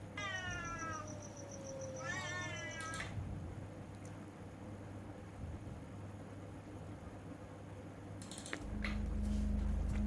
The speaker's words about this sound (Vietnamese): Hắn đập lá bùa lên đầu ma mèo, nghe bộp một cái. Ma mèo phát ra một tiếng gào thảm, có thể thấy rõ bàn tay mình bốc khói.